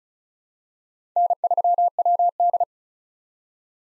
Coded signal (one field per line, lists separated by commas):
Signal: Morse code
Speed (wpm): 36 wpm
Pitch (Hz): 700 Hz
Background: none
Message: N3WD